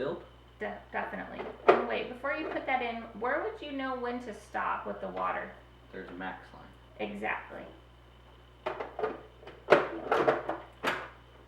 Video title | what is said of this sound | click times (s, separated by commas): Sleep Apnea | it kind of snaps in place | 9.7 s